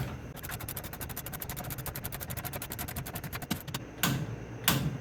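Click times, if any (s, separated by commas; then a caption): 4.0 s, 4.7 s. A torque wrench set to 20 ft-lb tightens the top nut of a steel sway bar end link on a 2002–2008 Dodge Ram pickup truck. A fast, steady train of ratcheting clicks runs from about 0.3 s to 3.8 s, followed by two louder, sharper clicks at 4.0 s and 4.7 s as the wrench clicks at its setting, confirming the nut is torqued to 20 ft-lb.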